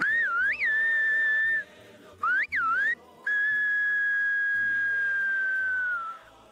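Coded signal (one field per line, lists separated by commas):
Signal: whistled language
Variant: Silbo Gomero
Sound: three loud whistled phrases: a short rising-falling one, a quick double glide, then a long steady tone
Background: faint low background hum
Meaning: Now or never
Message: Ahora o nunca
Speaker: Rogelio Cómo se diría Ahora o nunca en silbo gomero para que llegue muy lejos ahora nunca al fin del mundo Pues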